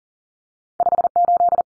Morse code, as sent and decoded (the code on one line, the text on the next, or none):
..... ---..
58